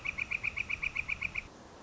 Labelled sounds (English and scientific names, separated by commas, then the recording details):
Northern Flicker (Colaptes auratus)
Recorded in Sonoma County, California